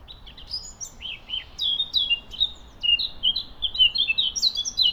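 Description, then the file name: Eurasian blackcap singing a rich, fast warble of sweet whistled notes, growing louder and more fluty in the final seconds, with faint low hiss behind. "Sylvia atricapilla"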